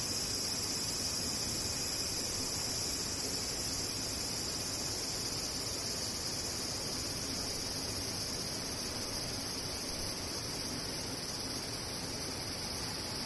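Cicadas buzz in a continuous, unbroken drone that stays high and shrill from start to finish. The sound is dense and even, with no pauses or clear pulses, and a soft low hum sits faintly underneath throughout.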